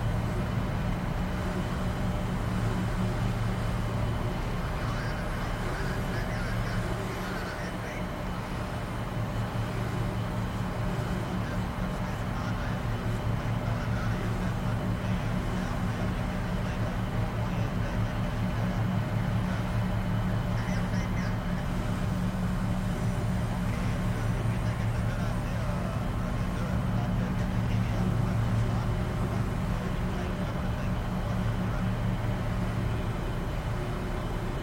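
Inside a ferry cabin, a steady engine drone fills the space, with a deep, even hum and a few fixed low tones that never let up. The level stays constant throughout, with faint murmurs of voices now and then beneath the machinery.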